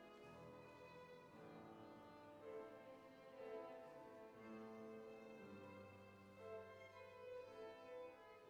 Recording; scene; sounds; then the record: everyday scene through a hearing-aid microphone; reverberant space; music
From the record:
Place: church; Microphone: behind the ear, right, rear